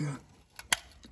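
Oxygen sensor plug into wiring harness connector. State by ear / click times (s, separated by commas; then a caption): seated / 0.7 s. An oxygen sensor electrical plug (the downstream Bank 2 Sensor 2 on a 2011 Chevy Captiva with a 3.0 motor) is pushed into its mating wiring harness connector under the vehicle. Someone talks briefly at the start, a faint tap sounds at 0.6 s, and a sharp plastic click at 0.7 s shows the connector seating. A softer tap follows at 1.0 s.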